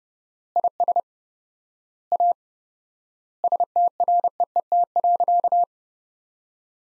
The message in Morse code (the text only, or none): IS A STREET.